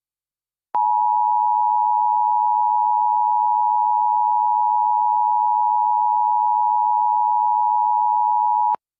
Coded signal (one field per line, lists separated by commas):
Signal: Emergency Alert System (SAME) tones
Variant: 853 and 960 Hz attention tone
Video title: EAS ALERT - Walking Corpses